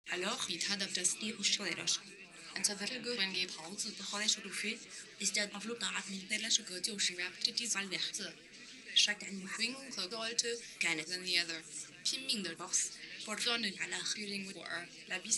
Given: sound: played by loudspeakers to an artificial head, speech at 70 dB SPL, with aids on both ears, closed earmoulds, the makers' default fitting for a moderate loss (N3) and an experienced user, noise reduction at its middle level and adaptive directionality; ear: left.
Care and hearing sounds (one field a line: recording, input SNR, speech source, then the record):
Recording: speech test signal (ISTS) in cocktail-party noise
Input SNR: +9 dB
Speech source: in front (0 degrees)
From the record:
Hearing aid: class 1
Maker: H